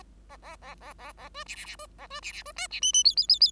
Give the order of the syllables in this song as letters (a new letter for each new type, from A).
A A A A A A B C C C B A B C C B D C E E F F F F